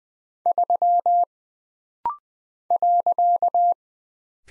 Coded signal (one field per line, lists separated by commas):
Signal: Morse code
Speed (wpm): 20 wpm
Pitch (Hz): 700 Hz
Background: none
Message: 3 .